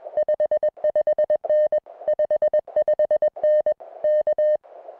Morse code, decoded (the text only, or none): 55N 55N K